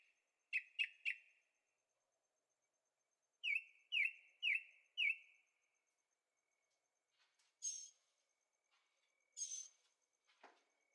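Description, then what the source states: Bird song: quick runs of three or four clipped chirps, then scattered higher thin notes and a brief downward sweep near the end. Birds singing at night in Carefree, Arizona; recorded in stereo on a Zoom H6.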